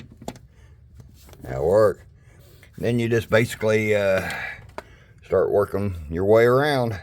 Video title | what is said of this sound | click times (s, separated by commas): 1991 nissan d21 cap and rotor replacement | Stick it in there. You want to hear it snap. Hopefully this snaps | 0.3 s